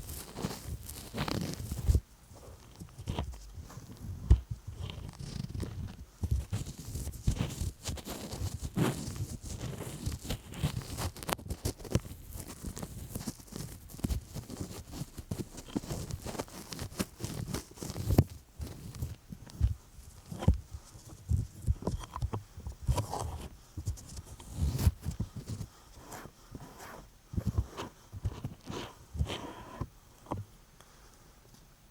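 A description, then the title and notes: Sticky ear massage sounds: wet, tacky clicks and pulls crowd together in dense, irregular bursts, with soft low rubbing underneath throughout. The activity stays busy for the whole half-minute, thinning slightly toward the end, with occasional sharper snaps standing out. ASMR Sticky Honey Ear Massage (No Talking).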